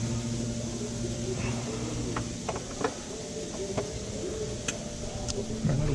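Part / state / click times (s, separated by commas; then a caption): engine wiring connector onto its sensor or actuator socket / seated / 5.3 s. A hand working by feel behind the engine of a 2010 Toyota Tarago pushes an electrical wiring connector onto its sensor or actuator socket during a rocker cover gasket replacement. Over a steady low hum, several small knocks and fumbling sounds lead to a sharp click at 5.3 s as the connector seats.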